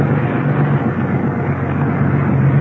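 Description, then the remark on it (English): A white car's engine rumbles steadily as it drives through, a low hum over broad road noise that holds an even level throughout, with no voices. “Send the first car through.”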